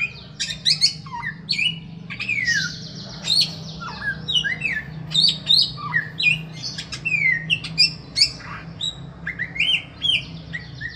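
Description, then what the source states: Bird song full of varied whistles and chips, many notes rising then dropping, given in loose irregular bursts, with a constant low hum. A song variation in the samyong style.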